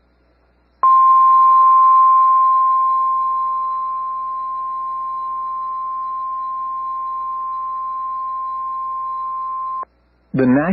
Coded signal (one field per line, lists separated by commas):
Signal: Emergency Alert System (SAME) tones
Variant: 1050 Hz attention tone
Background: speech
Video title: EAS #1,843 Online NOAA Weather Radio Severe T’storm Warning #2 4/25/25